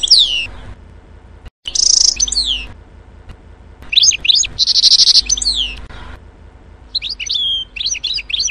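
Goldfinch calls, high tinkling twitters with sharp downslurred notes and short buzzy trills, coming in bursts separated by brief silences.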